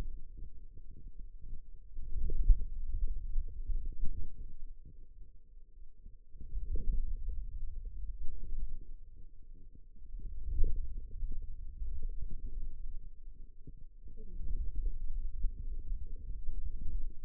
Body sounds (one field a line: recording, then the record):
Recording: forearm muscle sounds (acoustic myography)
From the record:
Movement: hand closing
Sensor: system 2, bracelet of six BSWA MPA416 microphones around the upper forearm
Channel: 3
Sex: female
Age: 21 years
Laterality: right